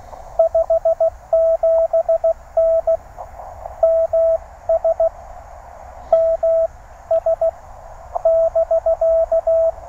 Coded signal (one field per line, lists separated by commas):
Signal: Morse code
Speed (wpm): 16 wpm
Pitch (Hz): 1310 Hz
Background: radio noise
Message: 57N MS M S <BK>